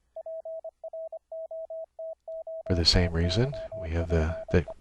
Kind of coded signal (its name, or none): Morse code